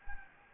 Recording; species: mosquito wingbeat signal from an infrared sensor; Anopheles gambiae